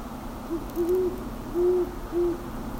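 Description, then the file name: Great horned owl giving a short series of four or five deep, soft hoots, the middle ones longer, over a quiet background. "Great Horned Owl - Bubo virginianus"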